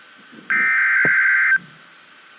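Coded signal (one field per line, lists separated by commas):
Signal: Emergency Alert System (SAME) tones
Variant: header bursts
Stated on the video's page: Real EAS broadcast of two severe thunderstorm warnings back to back.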